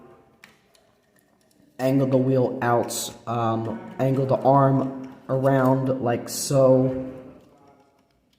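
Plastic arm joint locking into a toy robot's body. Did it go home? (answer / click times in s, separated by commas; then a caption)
no / none. A man talks while handling a plastic Transformers Studio Series 69-42 Long Haul robot toy, angling the arm around and starting to push the wheel in and the arm up so it will lock into place. A few faint taps are heard before he speaks and again at the very end. Nothing has seated or locked yet.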